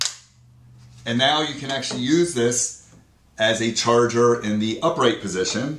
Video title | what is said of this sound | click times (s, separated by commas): Lightweight and Foldable Qi Wireless Charger by Vanmass review | make sure you hear it click and now you | 0.0 s